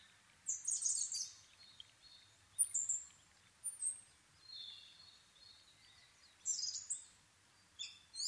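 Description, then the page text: Asian brown flycatcher song of shrill, scratchy high notes and thin whistles in brief bursts separated by short pauses; a faint lower whistle between phrases. Recorded at Nikko, Japan, at 730 m altitude on 26 April 2011 at 4:39, using a Sony PCM-D50 recorder with a Panasonic WM-61A microphone. "kosamebitaki 20110426-0439. Muscicapa dauurica. 4/ 26 2011, 4:39 alt=730m"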